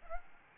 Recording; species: mosquito wingbeat signal from an infrared sensor; Aedes albopictus